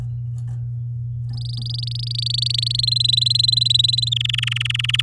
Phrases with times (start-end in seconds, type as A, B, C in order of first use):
1.33-2.81 A, 2.83-4.09 B, 4.12-5.01 C